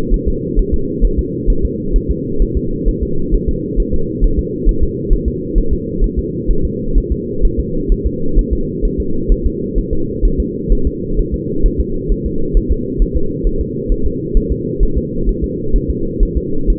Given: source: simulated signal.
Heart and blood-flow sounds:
fetal heart sounds
0.14 s: S1
0.28 s: S2
0.59 s: S1
0.74 s: S2
1.05 s: S1
1.19 s: S2
1.50 s: S1
1.65 s: S2
1.96 s: S1
2.11 s: S2
2.42 s: S1
2.57 s: S2
2.89 s: S1
3.03 s: S2
3.35 s: S1
3.49 s: S2
3.80 s: S1
3.94 s: S2
4.24 s: S1
4.39 s: S2
4.69 s: S1
4.83 s: S2
5.13 s: S1
5.28 s: S2
5.58 s: S1
5.73 s: S2
6.04 s: S1
6.19 s: S2
6.51 s: S1
6.65 s: S2
6.98 s: S1
7.12 s: S2
7.45 s: S1
7.60 s: S2
7.92 s: S1
8.07 s: S2
8.39 s: S1
8.53 s: S2
8.85 s: S1
9.00 s: S2
9.32 s: S1
9.46 s: S2
9.79 s: S1
9.93 s: S2
10.25 s: S1
10.40 s: S2
10.72 s: S1
10.87 s: S2
11.19 s: S1
11.34 s: S2
11.66 s: S1
11.80 s: S2
12.12 s: S1
12.26 s: S2
12.57 s: S1
12.72 s: S2
13.02 s: S1
13.17 s: S2
13.47 s: S1
13.61 s: S2
13.92 s: S1
14.06 s: S2
14.37 s: S1
14.52 s: S2
14.83 s: S1
14.98 s: S2
15.29 s: S1
15.44 s: S2
15.76 s: S1
15.90 s: S2
16.23 s: S1
16.37 s: S2
16.70 s: S1
From the record:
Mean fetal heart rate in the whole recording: 130 bpm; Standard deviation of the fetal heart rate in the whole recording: 4 bpm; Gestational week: 38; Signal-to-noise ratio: -8.1 dB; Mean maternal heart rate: 72 bpm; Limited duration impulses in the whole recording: absent

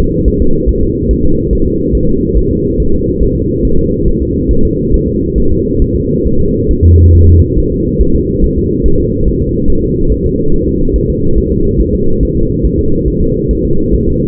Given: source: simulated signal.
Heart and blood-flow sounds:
fetal heart sounds
0.00 s: S2
0.28 s: S1
0.42 s: S2
0.69 s: S1
0.83 s: S2
1.11 s: S1
1.25 s: S2
1.53 s: S1
1.67 s: S2
1.95 s: S1
2.09 s: S2
2.38 s: S1
2.51 s: S2
2.80 s: S1
2.94 s: S2
3.23 s: S1
3.37 s: S2
3.65 s: S1
3.79 s: S2
4.08 s: S1
4.22 s: S2
4.51 s: S1
4.65 s: S2
4.94 s: S1
5.08 s: S2
5.38 s: S1
5.52 s: S2
5.82 s: S1
5.96 s: S2
6.27 s: S1
6.41 s: S2
6.71 s: S1
6.85 s: S2
7.15 s: S1
7.29 s: S2
7.59 s: S1
7.72 s: S2
8.01 s: S1
8.15 s: S2
8.44 s: S1
8.58 s: S2
8.86 s: S1
9.00 s: S2
9.28 s: S1
9.42 s: S2
9.70 s: S1
9.84 s: S2
10.12 s: S1
10.26 s: S2
10.54 s: S1
10.68 s: S2
10.96 s: S1
11.10 s: S2
11.38 s: S1
11.52 s: S2
11.81 s: S1
11.95 s: S2
12.23 s: S1
12.37 s: S2
12.65 s: S1
12.79 s: S2
13.08 s: S1
13.22 s: S2
13.51 s: S1
13.65 s: S2
13.95 s: S1
14.08 s: S2
From the record:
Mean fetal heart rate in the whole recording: 140 bpm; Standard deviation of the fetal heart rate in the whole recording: 2 bpm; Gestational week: 34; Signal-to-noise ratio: -17.7 dB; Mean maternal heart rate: 72 bpm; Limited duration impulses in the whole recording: present

